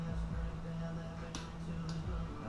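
A torque wrench tightens a spark plug into the cylinder head of a 2003 Harley-Davidson Sportster motorcycle, clicking sharply at its 15-pound setting at 1.4 s, followed by a fainter tick at 1.9 s over a steady low hum. Someone talks right after, and the plug is torqued to spec.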